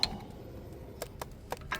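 The electric parking brake motor wiring connector is being worked onto the rear caliper motor of a 2019 Honda Accord, with a screwdriver prying the plug down into place. A sharp tick opens the clip, followed by a few faint scrapes and taps near 1.0, 1.5 and 1.7 seconds. The connector has not yet snapped in or seated.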